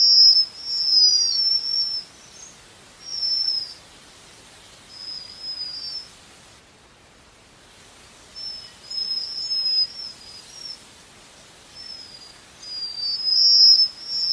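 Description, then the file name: Japanese waxwing giving high, thin trilled notes in short bursts separated by pauses, with a steady background hiss. "Canto da japanese Waxwing"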